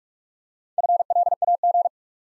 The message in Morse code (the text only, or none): FLAG